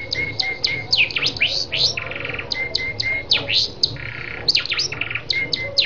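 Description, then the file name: Lancashire canary song mixing thin steady whistles, sharp downslurred chips and a few buzzy rattling segments, repeated in a varied sequence. "canto do canario lancashire"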